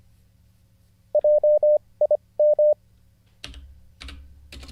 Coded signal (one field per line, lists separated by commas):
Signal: Morse code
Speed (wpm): 25 wpm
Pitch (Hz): 600 Hz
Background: none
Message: JIM